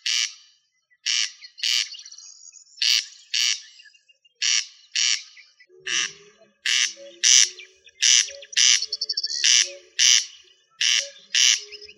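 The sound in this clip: Rail producing rapid, rasping squawks in paired bursts, repeated steadily throughout, with a few softer notes in the second half.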